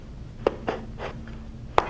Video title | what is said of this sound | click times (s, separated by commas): WXT520 Training | it should snap into place after | 1.8 s